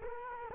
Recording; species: mosquito wingbeat signal from an infrared sensor; Culex quinquefasciatus